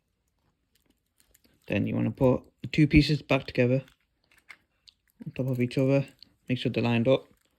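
Someone talks while handling the two plastic halves of the battery holder from a VW Golf MK5 car key fob, stacking them on top of each other over the new coin cell and lining them up. Only faint, brief handling ticks are heard between the words. The halves have not been pressed together yet, so nothing has seated or clicked.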